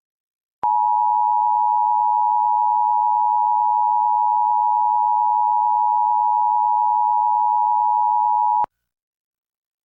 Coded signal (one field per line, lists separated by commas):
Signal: Emergency Alert System (SAME) tones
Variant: 853 and 960 Hz attention tone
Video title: EAS #1042-1044: 3 EAS Required Monthly Tests- Jan. 7, 2025- 10:15AM PST